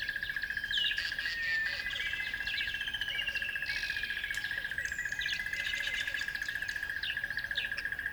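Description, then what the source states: Birds singing: several overlapping high chirps, trills and thin whistled slurs, over a steady continuous high-pitched drone. At dawn on a river bed.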